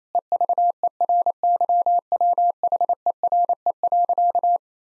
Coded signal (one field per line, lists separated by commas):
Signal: Morse code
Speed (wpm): 28 wpm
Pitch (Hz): 700 Hz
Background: none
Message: EVERYWHERE.